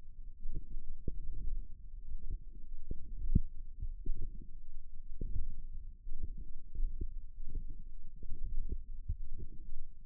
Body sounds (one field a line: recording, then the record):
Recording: forearm muscle sounds (acoustic myography)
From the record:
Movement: hook grip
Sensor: system 1, eight BSWA MPA416 microphones around the upper forearm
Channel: 8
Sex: female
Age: 21 years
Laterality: right